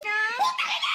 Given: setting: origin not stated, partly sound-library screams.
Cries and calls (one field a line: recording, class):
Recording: one-second piece from a danger detection set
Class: woman in danger